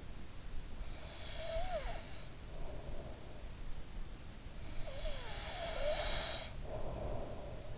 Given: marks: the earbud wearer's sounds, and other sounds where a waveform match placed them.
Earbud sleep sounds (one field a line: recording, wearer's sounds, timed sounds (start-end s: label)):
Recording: sounds in sleep by an in-ear microphone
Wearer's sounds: breath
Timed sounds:
0.98-3.32 s: breath
4.81-7.78 s: breath